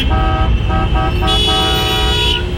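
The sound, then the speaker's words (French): Several car horns honk at once at a green light in overlapping, sustained blasts, loud and insistent, with steady pitched tones layered over a rumbling traffic background. “Notamment le volume des klaxons au feu vert.”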